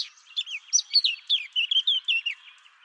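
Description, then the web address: Bird calls in a short series of about a dozen high, down-slurred chirps given in quick succession. "cianscape birddata Deverinetal 2025 Bird"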